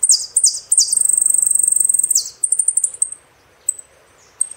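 Saffron finch song with swooping downslurred notes opening into a long rapid buzzy trill, followed by scattered high chips and pauses.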